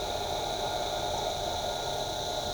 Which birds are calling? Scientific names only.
none